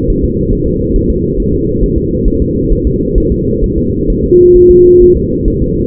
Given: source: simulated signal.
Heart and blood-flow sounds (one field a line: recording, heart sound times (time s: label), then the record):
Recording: fetal heart sounds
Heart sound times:
0.10 s: S1
0.24 s: S2
0.53 s: S1
0.67 s: S2
0.96 s: S1
1.10 s: S2
1.40 s: S1
1.54 s: S2
1.84 s: S1
1.98 s: S2
2.28 s: S1
2.42 s: S2
2.73 s: S1
2.87 s: S2
3.18 s: S1
3.32 s: S2
3.64 s: S1
3.78 s: S2
4.10 s: S1
4.24 s: S2
4.56 s: S1
4.71 s: S2
5.02 s: S1
5.17 s: S2
5.48 s: S1
5.62 s: S2
From the record:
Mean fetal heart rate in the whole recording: 135 bpm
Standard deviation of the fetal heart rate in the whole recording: 3 bpm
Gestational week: 36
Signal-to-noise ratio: -10.2 dB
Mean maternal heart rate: 72 bpm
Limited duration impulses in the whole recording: present